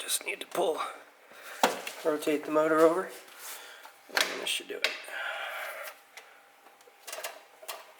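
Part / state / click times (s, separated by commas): stretch-fit AC belt onto engine crank pulley / seated / 4.8 s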